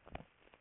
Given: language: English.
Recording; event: throat vibration sensor signal played as sound; swallow